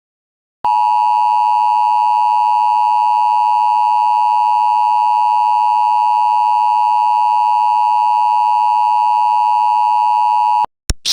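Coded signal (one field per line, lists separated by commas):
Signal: Emergency Alert System (SAME) tones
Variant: 853 and 960 Hz attention tone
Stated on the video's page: Fictional EAS scenario using valid tones, extremely loud.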